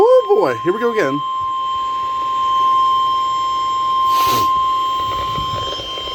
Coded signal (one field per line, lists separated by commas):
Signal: Emergency Alert System (SAME) tones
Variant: 1050 Hz attention tone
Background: speech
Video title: Tropo Disaster | EAS Alerts From 7/30/2024 (EAS #2,669-2,682)